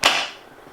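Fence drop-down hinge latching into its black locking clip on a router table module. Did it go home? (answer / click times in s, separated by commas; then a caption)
yes / 0.1 s. A drop-down hinge on the fence of a Festool Compact Modular System (CMS) router table module is pushed down after its rubber packing piece has been removed. Its black clip snaps it locked into place with a single sharp click at 0.1 s. The click rings out briefly and fades, and the hinge is held in position.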